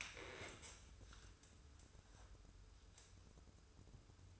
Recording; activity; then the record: daily activity, microphone in the room; stand up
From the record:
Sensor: 2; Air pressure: 994.2 hPa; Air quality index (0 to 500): 202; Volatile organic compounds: 1000 ppm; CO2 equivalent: 6656 ppm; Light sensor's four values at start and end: 78/185/76/76 and 55/127/56/59